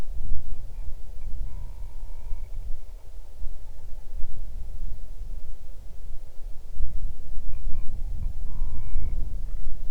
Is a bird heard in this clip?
yes